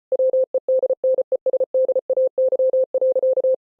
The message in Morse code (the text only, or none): WEDNESDAY.